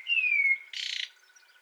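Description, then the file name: Common blackbird giving a single smooth whistle sliding gently downward, followed by a short harsh, hissing high squeak. "Turdus merula"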